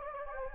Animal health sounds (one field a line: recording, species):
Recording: mosquito wingbeat signal from an infrared sensor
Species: Anopheles gambiae